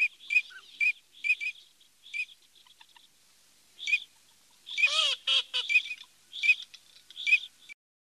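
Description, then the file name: Eurasian teal whistled calls, short clipped notes given singly and in quick pairs, with a louder harsh, buzzy burst of overlapping notes near the middle. "Alzavola"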